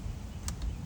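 The wiring connector on the last ignition coil of a 2020 Hyundai Elantra is unclipped and pulled off the coil, giving a sharp click at 0.5 s and a fainter tick at 0.6 s over a low background rumble. The connector comes free and is released.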